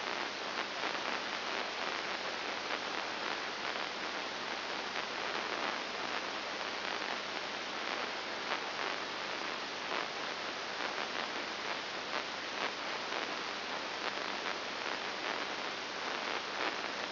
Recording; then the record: brain microelectrode recording played as sound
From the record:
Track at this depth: inside the subthalamic nucleus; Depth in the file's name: 3.902 mm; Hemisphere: left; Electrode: 2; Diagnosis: Parkinson's disease